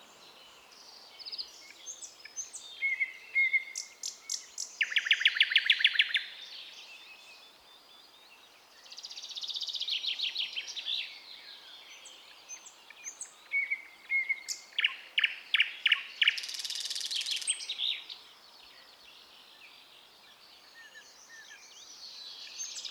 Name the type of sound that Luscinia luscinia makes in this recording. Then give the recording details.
song. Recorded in the wild. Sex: male. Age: adult. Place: Wizna, Lomzynski Park Krajobrazowy Doliny Narwi, Podlaskie Voivodeship, PL. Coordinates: 53.1863, 22.4198. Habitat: deciduous forest edge. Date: 2016-05-26 09:50. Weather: heavy cloud, light breeze. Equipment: Marantz PMD660 recorder, Sennheiser ME67 directional microphone. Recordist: Souriau, Abel